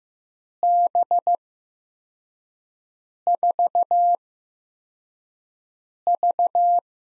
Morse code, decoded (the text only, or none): B4V